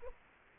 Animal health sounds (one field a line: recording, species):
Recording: mosquito wingbeat signal from an infrared sensor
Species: Culex quinquefasciatus